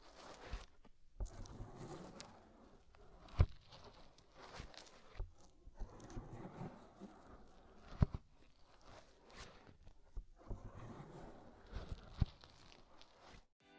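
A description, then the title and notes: Deep ear cleaning with muffled scraping and rustling in irregular bursts, plus sharp clicks and knocks near 3.5, 8 and 12 seconds. ASMR INTENSE Deep Ear Cleaning (No Talking).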